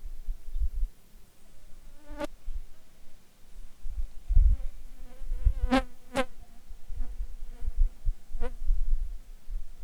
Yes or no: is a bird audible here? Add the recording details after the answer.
no. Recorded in Ivvavik National Park, Yukon, on 7 July 2019 at 12:56. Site SINP09